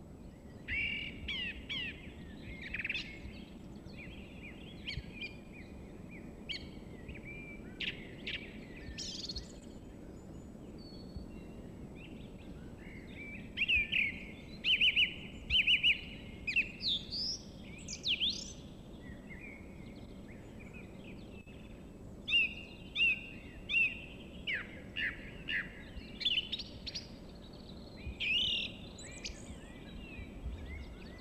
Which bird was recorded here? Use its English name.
Song Thrush